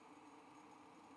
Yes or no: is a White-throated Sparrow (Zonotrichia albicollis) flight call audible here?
no